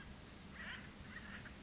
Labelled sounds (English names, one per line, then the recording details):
Acorn Woodpecker
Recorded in Sonoma County, California